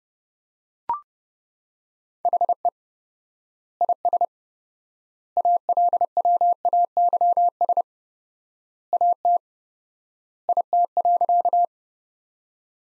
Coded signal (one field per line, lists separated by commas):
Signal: Morse code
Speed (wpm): 32 wpm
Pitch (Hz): 700 Hz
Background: none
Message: HE IS ALWAYS AT IT.